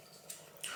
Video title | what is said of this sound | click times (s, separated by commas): Prise & interrupteur Céliane Legrand. | le mécanisme vous voyez donc on entend bien les clics hein voilà donc ça c'est bien clipsé donc là-dessus | 0.3 s, 0.6 s